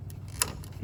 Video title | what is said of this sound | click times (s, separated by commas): Installing XPCTD LED Headlights On Wrangler JK | there you go and then just lock it in um there you go guys | 0.4 s